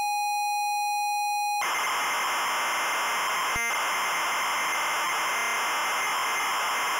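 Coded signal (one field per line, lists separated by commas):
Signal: ZX Spectrum tape loading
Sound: buzzy steady lead tone for 1.5 seconds, then harsh continuous screeching data noise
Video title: Rainbow Beer Megademo Tape Loading Example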